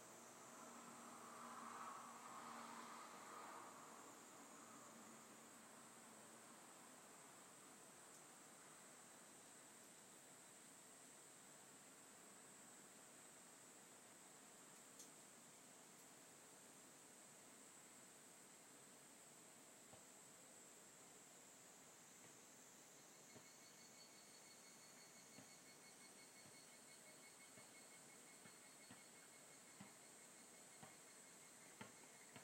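Higurashi cicadas keep up a steady, high shimmering drone for the whole clip. A low rumble and a muffled mid-range sound fade out over the first six seconds. From about 23 seconds a thinner, piercing whine joins in, with scattered small taps and clicks near the end.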